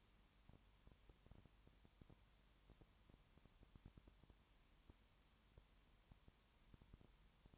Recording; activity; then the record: daily activity, microphone in the room; no activity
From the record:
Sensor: 3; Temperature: 21.1 degrees Celsius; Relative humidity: 37.0%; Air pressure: 1010.6 hPa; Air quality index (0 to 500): 204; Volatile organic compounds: 31 ppm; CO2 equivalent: 2983 ppm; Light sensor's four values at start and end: 2/3/2/2 and 2/3/2/2